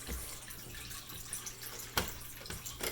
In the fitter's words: There, and it popped into place.